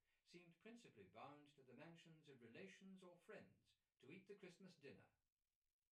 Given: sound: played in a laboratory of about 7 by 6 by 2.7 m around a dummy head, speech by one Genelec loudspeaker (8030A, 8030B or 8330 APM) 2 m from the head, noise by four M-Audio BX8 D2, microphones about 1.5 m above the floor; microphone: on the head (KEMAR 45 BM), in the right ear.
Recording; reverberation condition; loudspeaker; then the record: male speech in English; low; 120 degrees to the left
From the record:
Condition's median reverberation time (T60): about 310 ms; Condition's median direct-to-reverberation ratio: about 3.5 dB